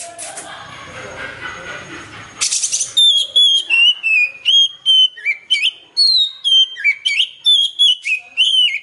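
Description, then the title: Oriental magpie-robin song: after a few seconds of noisy rustling, a rapid series of clear whistled notes at varying pitch. "Kacer"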